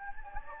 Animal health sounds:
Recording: mosquito wingbeat signal from an infrared sensor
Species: Anopheles gambiae

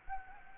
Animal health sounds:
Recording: mosquito wingbeat signal from an infrared sensor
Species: Anopheles gambiae

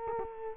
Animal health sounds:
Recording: mosquito wingbeat signal from an infrared sensor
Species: Culex quinquefasciatus

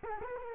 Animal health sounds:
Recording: mosquito wingbeat signal from an infrared sensor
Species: Culex quinquefasciatus

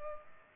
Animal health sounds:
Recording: mosquito wingbeat signal from an infrared sensor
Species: Culex pipiens

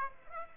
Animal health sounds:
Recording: mosquito wingbeat signal from an infrared sensor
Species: Aedes aegypti

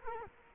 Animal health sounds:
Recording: mosquito wingbeat signal from an infrared sensor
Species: Culex quinquefasciatus

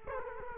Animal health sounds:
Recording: mosquito wingbeat signal from an infrared sensor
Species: Culex quinquefasciatus

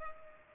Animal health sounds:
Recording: mosquito wingbeat signal from an infrared sensor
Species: Culex pipiens

